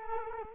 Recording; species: mosquito wingbeat signal from an infrared sensor; Culex quinquefasciatus